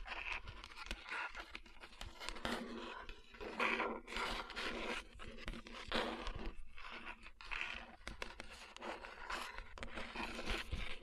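Fingers tap and rub across rhinestone-covered palms, making a dense run of crisp scratching and clicking with no real pauses. Short bright ticks scatter throughout over a soft, steady low hum. Brief quieter gaps near four and six seconds break the texture.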